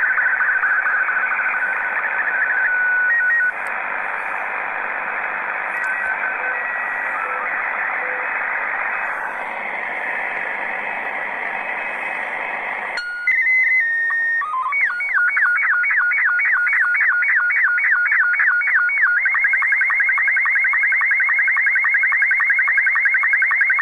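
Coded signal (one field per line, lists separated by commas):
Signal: SSTV (slow-scan television)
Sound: hiss, then a short tone header, then rapid warbling scan tones with steady ticks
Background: radio static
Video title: SSTV - 14230 KHz USB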